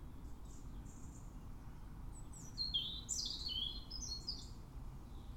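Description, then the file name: European robin song: one phrase of sharp, high, descending and rising notes crowding together near the middle, over a steady low rumble. "Erithacus rubecula"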